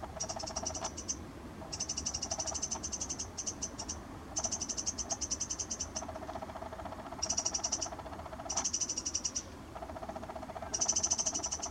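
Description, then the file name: Eurasian wren uttering repeated bursts of rapid high ticks, mixed with a lower pulsed chatter that comes and goes between bursts. "Troglodytes troglodytes"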